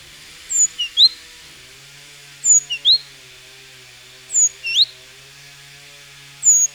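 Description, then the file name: Great tit giving a repeated phrase: a high thin note followed by two lower rising notes, recurring about every two seconds over a steady low hum. "Parus major"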